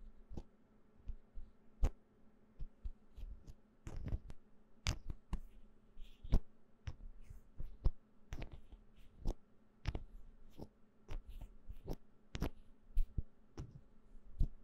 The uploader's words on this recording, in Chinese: 瓶瓶罐罐的撞擊.敲擊.抓撓。無人聲。